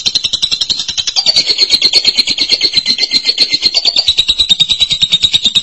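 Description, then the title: Lovebird song: one continuous, very fast buzzy trill, high and steady, slightly rising in the middle. "BM Suara Burung Lovebird"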